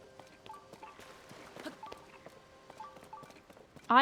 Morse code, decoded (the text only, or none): none